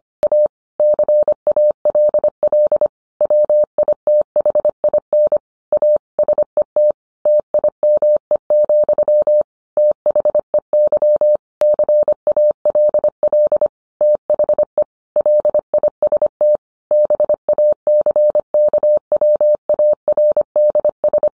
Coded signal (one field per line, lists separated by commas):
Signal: Morse code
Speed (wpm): 25 wpm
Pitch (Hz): 600 Hz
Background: none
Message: A CALL WITHIN A SET TIME, THEY CALL THE LIST BACKWARDS